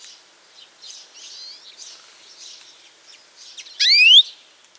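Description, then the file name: European greenfinch gives one drawn-out, buzzy upslurred call near the end, following a stretch of soft, high twittering in the background. "Chloris chloris"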